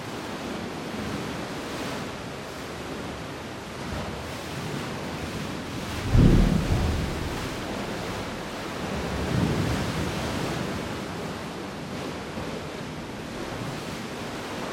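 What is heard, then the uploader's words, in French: Surf washes at the tip of the Quiberon peninsula on a hot afternoon, a steady dense hiss with a low rumble underneath. Waves swell around four seconds, one breaks hard at about six seconds, and another gentler surge follows near nine to ten seconds. Par une chaude après-midi au bout de la presqu'île de Quiberon. La marée montante et la mer bien formée provoque un événement sonore puissant, celui des vagues qui s'engouffrent dans une faille, faisant exploser en panache d'écume l'eau dans un sourd vacarme.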